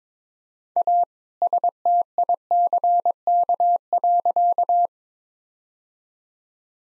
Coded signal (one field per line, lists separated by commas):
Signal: Morse code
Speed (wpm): 22 wpm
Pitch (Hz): 700 Hz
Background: none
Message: A STICK.